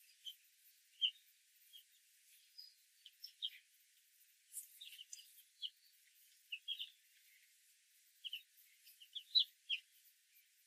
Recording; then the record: young laying hens in a cage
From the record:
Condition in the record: control cage, after the stress test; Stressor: none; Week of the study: 4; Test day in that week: 1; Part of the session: 1